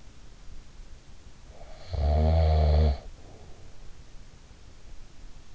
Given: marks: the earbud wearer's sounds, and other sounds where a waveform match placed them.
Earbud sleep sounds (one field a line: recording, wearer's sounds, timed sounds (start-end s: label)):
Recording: sounds in sleep by an in-ear microphone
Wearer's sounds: snoring breath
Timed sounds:
1.34-3.88 s: snoring breath